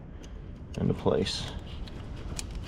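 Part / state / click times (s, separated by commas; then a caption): wiring harness plug onto the evap purge solenoid / seated / 2.4 s. Someone talks while a plastic wiring harness plug is pushed onto the evap purge solenoid of a Ford Focus. A short, sharp click at 2.4 s marks the electrical connector snapping into place, fully seated.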